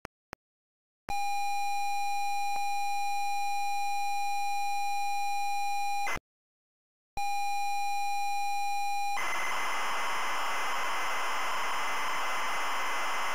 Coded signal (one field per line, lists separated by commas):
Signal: ZX Spectrum tape loading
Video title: ZX SPECTRUM Loading Driller 1987 Incentive Software